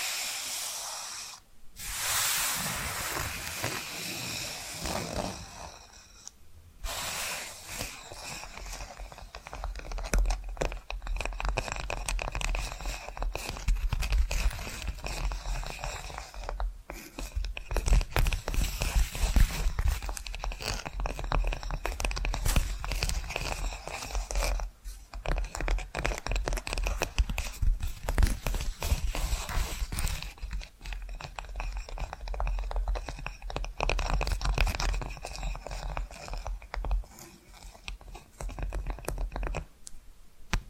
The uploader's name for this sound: Hypnotic Tapping & Scratching Sounds